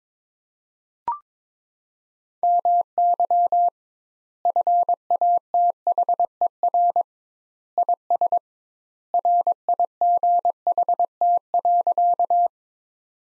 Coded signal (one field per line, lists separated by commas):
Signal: Morse code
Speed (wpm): 22 wpm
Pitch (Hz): 700 Hz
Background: none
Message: MY FATHER IS RIGHT.